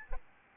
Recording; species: mosquito wingbeat signal from an infrared sensor; Aedes albopictus